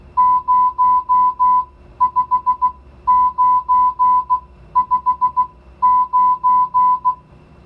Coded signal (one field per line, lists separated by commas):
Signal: Morse code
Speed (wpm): 16 wpm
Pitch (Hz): 1000 Hz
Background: music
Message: 05959